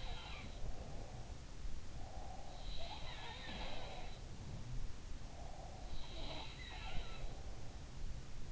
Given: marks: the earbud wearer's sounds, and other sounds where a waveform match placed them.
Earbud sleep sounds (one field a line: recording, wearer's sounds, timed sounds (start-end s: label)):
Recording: sounds in sleep by an in-ear microphone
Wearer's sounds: breath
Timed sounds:
0.00-1.09 s: sound from someone else or the room
0.47-2.78 s: breath
2.51-5.08 s: sound from someone else or the room
5.15-6.41 s: breath
5.93-7.84 s: sound from someone else or the room